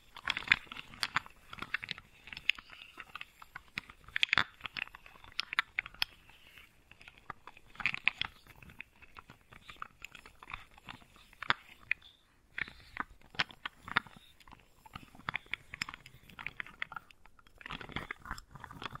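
Wooden balls clicking, knocking and rolling together in a dense, irregular stream of small taps and rattles, crisp and bright in tone. Sharper knocks stand out every second or two, and the sounds thin out briefly around the twelve-second mark before picking up again.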